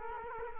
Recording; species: mosquito wingbeat signal from an infrared sensor; Culex quinquefasciatus